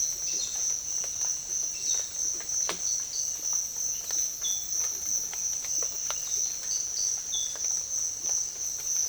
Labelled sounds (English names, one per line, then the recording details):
none
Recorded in secondary vegetation near Puerto Asís, Putumayo, Colombia, on 8 March 2025 at 06:00
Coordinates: 0.488, -76.319
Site G095